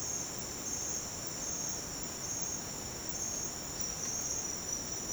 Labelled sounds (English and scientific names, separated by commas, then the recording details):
none
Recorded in dense forest near Puerto Asís, Putumayo, Colombia, on 19 June 2025 at 08:30
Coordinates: 0.484, -76.317
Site G045